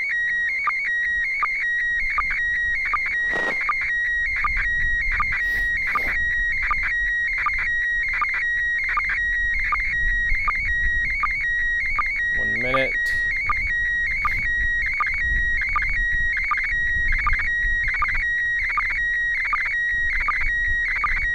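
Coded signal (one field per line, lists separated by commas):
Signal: SSTV (slow-scan television)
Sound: warbling tone hopping around 2 kHz, steady hums, regular short low chirps each line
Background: radio static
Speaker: volume up and down a little bit one minute 30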